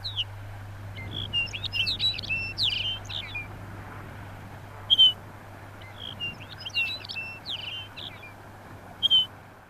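Lapland bunting song: two short, jingling, twittering phrases a few seconds apart, with single chirps between and after them and a low steady hum beneath.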